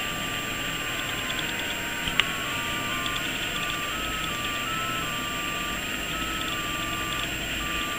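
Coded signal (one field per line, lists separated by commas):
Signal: JT65, JT9 or WSPR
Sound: faint steady tone hopping slowly between nearby pitches under hiss, one brief click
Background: radio static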